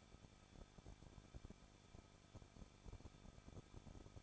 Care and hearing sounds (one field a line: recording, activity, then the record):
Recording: daily activity, microphone in the room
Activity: no activity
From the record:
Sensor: 5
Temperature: 20.8 degrees Celsius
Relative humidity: 38.4%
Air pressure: 1006.5 hPa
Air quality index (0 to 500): 190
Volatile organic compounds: 19 ppm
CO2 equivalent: 2670 ppm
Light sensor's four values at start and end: 2/3/1/1 and 2/3/1/1